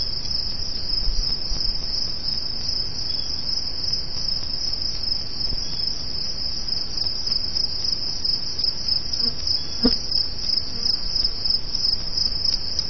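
Cricket trilling in a steady, high, continuous band over a faint low rumble.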